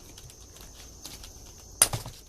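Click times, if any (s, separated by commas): 1.8 s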